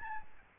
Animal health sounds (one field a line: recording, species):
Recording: mosquito wingbeat signal from an infrared sensor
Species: Aedes albopictus